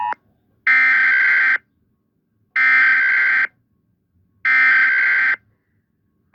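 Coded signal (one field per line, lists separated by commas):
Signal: Emergency Alert System (SAME) tones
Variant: header bursts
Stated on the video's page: Fictional alarms for invented territories, fixed version.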